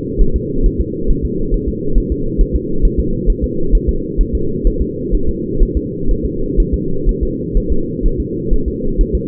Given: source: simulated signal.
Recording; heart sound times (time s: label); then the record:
fetal heart sounds
0.22 s: S1
0.36 s: S2
0.66 s: S1
0.81 s: S2
1.10 s: S1
1.25 s: S2
1.54 s: S1
1.69 s: S2
1.98 s: S1
2.12 s: S2
2.41 s: S1
2.56 s: S2
2.85 s: S1
3.00 s: S2
3.30 s: S1
3.44 s: S2
3.75 s: S1
3.89 s: S2
4.21 s: S1
4.35 s: S2
4.67 s: S1
4.82 s: S2
5.15 s: S1
5.29 s: S2
5.63 s: S1
5.77 s: S2
6.11 s: S1
6.25 s: S2
6.60 s: S1
6.74 s: S2
7.09 s: S1
7.23 s: S2
7.57 s: S1
7.72 s: S2
8.06 s: S1
8.20 s: S2
8.54 s: S1
8.68 s: S2
9.01 s: S1
9.15 s: S2
From the record:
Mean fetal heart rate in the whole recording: 130 bpm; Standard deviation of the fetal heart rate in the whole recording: 4 bpm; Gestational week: 38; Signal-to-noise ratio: -8.1 dB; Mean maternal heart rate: 72 bpm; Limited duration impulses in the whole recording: present